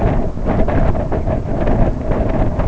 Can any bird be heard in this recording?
no